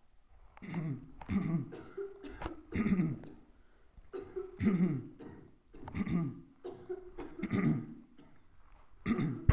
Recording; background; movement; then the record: throat clearing; a bystander coughing; sitting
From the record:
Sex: male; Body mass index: 22.0 kg/m2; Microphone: on the chest, facing the body